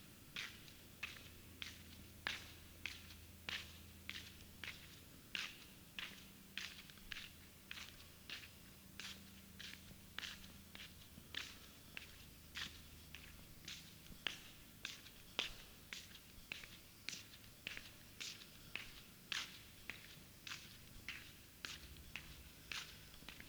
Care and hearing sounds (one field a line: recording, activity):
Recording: daily activity, guitar pickup as the sensor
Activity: walk